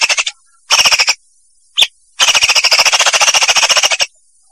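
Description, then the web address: Leafbird song: bursts of rapid, harsh pulsed chattering, each burst running fast and even, separated by short silences, with one brief sharp note between. Vietnam variety; song used for bird training (masteran). "cucakijo-vietnam masteran cucak-ijo"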